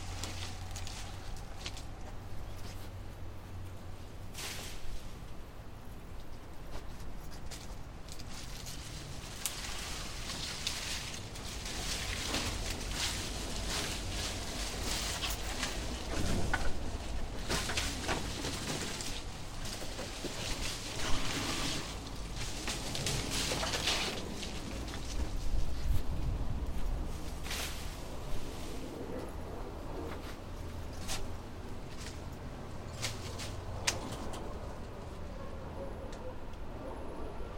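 Two small apple trees are being cut down in a backyard, with rustling, snapping and thrashing of branches running unevenly through most of the clip. Sharper cracks stand out around 5, 16, 21 and 26 seconds, and a low rumble sits underneath throughout.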